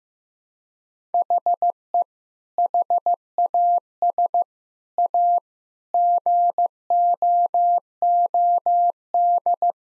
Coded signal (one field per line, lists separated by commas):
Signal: Morse code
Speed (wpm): 15 wpm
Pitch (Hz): 700 Hz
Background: none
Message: HE HAS A GOOD